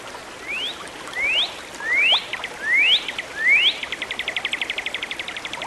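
Bird song: five upslurred whistles, some followed by short notes, then a fast, even trill of many rapid notes running to the end.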